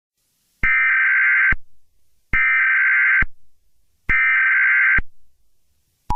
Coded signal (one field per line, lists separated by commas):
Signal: Emergency Alert System (SAME) tones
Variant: header bursts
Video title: EAS scenario 6 (Easter special): The Easter bunny killer